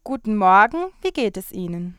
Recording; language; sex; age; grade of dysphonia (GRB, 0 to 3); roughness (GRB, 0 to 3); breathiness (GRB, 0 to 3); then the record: spoken sentence; German; female; 20 to 29 years; 0; 0; 0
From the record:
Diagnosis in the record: healthy voice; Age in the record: 23 years